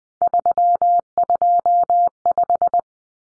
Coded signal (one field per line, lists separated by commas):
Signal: Morse code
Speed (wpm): 20 wpm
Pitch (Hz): 700 Hz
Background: none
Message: 325